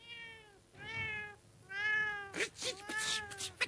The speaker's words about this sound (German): Eine Katze.